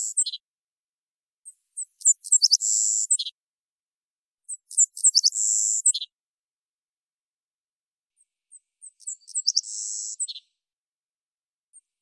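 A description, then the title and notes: A Savannah Sparrow sings three high, thin buzzy songs, each opening with soft ticks and ending in a trill, against silence. Savannah Sparrow Passerculus sandwichensis, collected song variants, isolated and processed from originals. Recorded in the beautiful Pacific Northwest, Washington, United States. Savannah Sparrow, collected songs.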